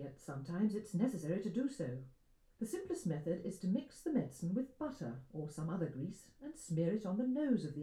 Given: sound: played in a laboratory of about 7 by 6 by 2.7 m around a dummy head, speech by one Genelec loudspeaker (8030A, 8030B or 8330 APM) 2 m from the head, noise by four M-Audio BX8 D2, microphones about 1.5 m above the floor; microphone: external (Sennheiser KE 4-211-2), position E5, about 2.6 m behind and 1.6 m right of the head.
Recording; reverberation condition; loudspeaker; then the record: female speech in English; low; 150 degrees to the right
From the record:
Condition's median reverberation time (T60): about 310 ms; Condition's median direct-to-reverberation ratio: about 3.5 dB